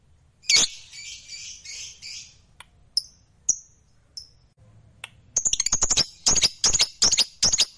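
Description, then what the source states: Lovebird calls: a harsh opening squawk with scratchy chatter, scattered sharp high notes, then a quick series of clipped repeated chirps. Fighter lovebird singing energetically (gacor).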